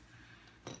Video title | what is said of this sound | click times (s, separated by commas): Tutorial 1 - Unboxing and Installing a SIM (Protector Watch) | When you press it in, it should make a clicking sound | 0.7 s